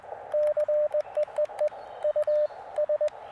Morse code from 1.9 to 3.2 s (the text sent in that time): U S